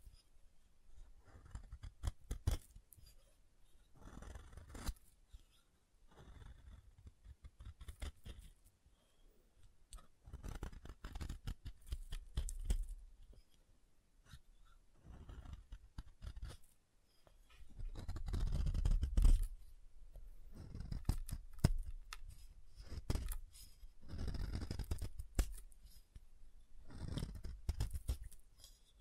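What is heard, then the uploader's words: Quiet tapping and carving on a bar of soap, in short bursts of crisp clicks and scraping cuts separated by brief pauses. A heavier, duller knocking stretch arrives around eighteen to twenty seconds before the lighter taps resume. ASMR SoftHard Soap Tapping and Carving (No Talking).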